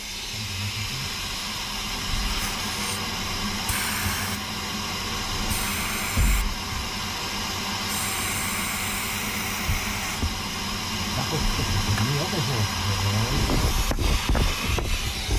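An incubator ventilator, running with a doll lying in the incubator, breathes with a steady mechanical hiss, broken by regular airy whooshes every couple of seconds, over a low hum. No alarms sound. A few soft knocks come near the end; no one speaks.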